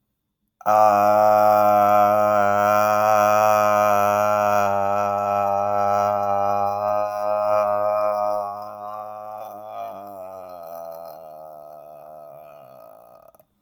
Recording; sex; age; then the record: vowel held as long as possible; male; 40 to 49 years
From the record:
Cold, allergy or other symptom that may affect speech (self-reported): no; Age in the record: 42 years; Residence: Arizona, United States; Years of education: 16